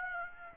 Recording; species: mosquito wingbeat signal from an infrared sensor; Aedes aegypti